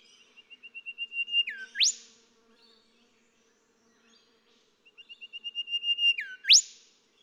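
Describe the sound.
Golden whistler song twice: steady rows of whistled notes building in volume, each closing with a falling note and a loud upward whip; quiet pause between.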